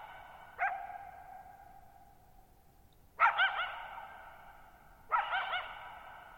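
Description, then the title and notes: Coyote calls three times: a short yelp, then two longer wavering yip bursts spaced about two seconds apart, each echoing away in near silence. Lone coyote at night, July 14, 2019, Thirtymile Meadows, Okanogan National Forest, Okanogan High Country, 6400 ft (1950 m); tall sharp mountains on a high, mostly dry plateau; shallow bowl-shaped meadow over boggy ground. "Lone Coyote at Thirtymile Meadows. I spent the night of July 14, 2019, camped near Thirtymile Meadows in the Okanogan National Forest at 6400 ft (1950 m)"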